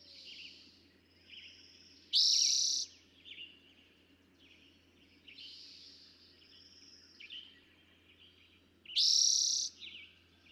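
Eastern towhee song: a loud, buzzy trill given twice about seven seconds apart, with quiet chirping and twittering between.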